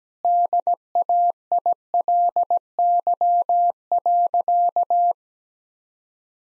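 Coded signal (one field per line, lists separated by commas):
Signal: Morse code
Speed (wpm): 17 wpm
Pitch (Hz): 700 Hz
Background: none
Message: DAILY.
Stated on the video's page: Morse practice sentences at 17 wpm with contextual hints.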